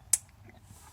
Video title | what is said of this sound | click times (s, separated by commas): 2000 Jeep Wrangler Sahara thermostat housing cover, how to change | thing to do is just plug by the temperature sensor back in and you should hear it click bingo | 0.1 s